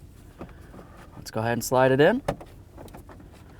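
A new four-wheel-drive selector switch for a 1994–2004 Chevy S-10 is handled and lined up to slide into its dash panel opening, where its plastic retaining tabs will latch. Someone talks in the middle of the clip, and faint handling ticks come at about 0.4, 2.8 and 2.9 seconds. Nothing has seated or clicked yet.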